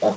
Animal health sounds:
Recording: pig call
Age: piglet (1 to 25 days)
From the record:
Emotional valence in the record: positive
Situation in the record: huddling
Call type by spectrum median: low-frequency call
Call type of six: low-frequency tonal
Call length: 0.17 s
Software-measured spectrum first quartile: 442 Hz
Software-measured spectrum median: 609 Hz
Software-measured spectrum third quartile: 785 Hz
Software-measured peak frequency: 637 Hz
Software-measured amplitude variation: 141 dB a second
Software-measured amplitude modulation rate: 14.9 a second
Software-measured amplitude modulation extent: 9.5 dB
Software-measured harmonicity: 4.3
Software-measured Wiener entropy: -0.77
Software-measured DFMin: 770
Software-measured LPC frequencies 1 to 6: 623, 2844, 3626, 4612, 5794, 6748 Hz

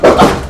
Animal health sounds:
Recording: pig call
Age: growing-finishing pig (85 days or more)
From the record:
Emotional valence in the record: positive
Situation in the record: run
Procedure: transit

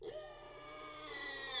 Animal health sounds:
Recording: pig call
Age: weaner (32 to 43 days)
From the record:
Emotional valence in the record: negative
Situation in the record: restrain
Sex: male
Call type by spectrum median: high-frequency call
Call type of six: high-frequency stable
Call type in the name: high-frequency stable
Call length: 1.61 s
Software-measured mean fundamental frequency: 150 Hz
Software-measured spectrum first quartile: 1824 Hz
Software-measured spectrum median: 3891 Hz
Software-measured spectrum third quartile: 8301 Hz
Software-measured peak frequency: 3500 Hz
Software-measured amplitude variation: 74 dB a second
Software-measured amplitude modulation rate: 22.7 a second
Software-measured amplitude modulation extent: 3.2 dB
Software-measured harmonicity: 3.2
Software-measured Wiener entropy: -2.16

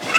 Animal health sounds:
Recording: pig call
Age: piglet (1 to 25 days)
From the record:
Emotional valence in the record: positive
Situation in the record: before nursing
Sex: female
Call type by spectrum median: low-frequency call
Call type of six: mixed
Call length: 0.19 s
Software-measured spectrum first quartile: 1322 Hz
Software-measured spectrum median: 2246 Hz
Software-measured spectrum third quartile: 2862 Hz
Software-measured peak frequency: 2637 Hz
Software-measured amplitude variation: 132 dB a second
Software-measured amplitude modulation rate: 12.9 a second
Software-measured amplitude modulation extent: 10.2 dB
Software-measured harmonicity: 4.5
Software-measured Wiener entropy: -1.07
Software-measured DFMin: 673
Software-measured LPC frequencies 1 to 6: 657, 1339, 2117, 2655, 5276, 6034 Hz

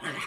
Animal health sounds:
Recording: pig call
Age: piglet (1 to 25 days)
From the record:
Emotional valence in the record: negative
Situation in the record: castration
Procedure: castration, fixation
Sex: male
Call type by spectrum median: low-frequency call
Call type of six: low-frequency tonal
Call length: 0.27 s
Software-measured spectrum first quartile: 920 Hz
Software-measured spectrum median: 1693 Hz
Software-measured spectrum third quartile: 2571 Hz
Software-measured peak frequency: 1636 Hz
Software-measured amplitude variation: 97 dB a second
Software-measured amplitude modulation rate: 20.1 a second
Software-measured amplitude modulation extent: 4.8 dB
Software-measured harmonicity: -0.2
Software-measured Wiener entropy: -0.88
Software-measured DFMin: 524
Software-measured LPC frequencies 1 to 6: 1190, 1849, 3143, 4058, 5690, 6851 Hz

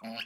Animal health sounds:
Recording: pig call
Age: piglet (1 to 25 days)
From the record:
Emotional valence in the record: negative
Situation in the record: long isolation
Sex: male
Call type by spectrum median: low-frequency call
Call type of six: mixed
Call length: 0.26 s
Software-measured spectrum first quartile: 515 Hz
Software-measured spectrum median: 1754 Hz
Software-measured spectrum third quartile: 3122 Hz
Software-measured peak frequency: 2874 Hz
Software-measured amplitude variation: 147 dB a second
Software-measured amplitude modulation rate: 13.4 a second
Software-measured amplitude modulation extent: 11.0 dB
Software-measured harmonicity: 3.5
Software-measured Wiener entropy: -2.01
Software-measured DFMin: 829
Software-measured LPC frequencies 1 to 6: 602, 1582, 2705, 2915, 4370, 7051 Hz

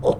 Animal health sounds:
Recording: pig call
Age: piglet (1 to 25 days)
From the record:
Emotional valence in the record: negative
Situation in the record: crushing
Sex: female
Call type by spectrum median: low-frequency call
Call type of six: low-frequency stable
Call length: 0.20 s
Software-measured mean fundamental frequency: 52 Hz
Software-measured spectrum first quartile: 346 Hz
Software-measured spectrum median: 484 Hz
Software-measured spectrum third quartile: 587 Hz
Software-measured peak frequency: 503 Hz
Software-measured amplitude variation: 207 dB a second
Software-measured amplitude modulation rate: 7.6 a second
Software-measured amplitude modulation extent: 27.3 dB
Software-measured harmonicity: 4.8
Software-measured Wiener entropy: -0.93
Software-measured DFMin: 1167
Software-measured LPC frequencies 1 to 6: 504, 851, 3429, 5286, 6102, 7881 Hz

